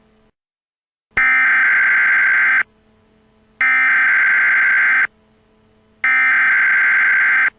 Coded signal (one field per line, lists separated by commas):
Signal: Emergency Alert System (SAME) tones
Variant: header bursts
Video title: EAS Black Death